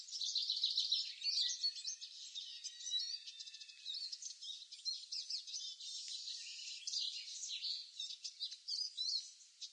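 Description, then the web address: Eurasian siskin twittering in high, rapid chirps that run together into an almost continuous chatter. "siskin bird call"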